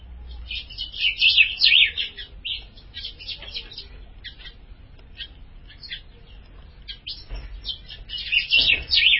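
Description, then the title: Ultramarine grosbeak singing a rapid, chattering warble at the start and again at the end, with lighter scattered notes in between. "Azulao"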